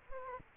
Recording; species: mosquito wingbeat signal from an infrared sensor; Culex quinquefasciatus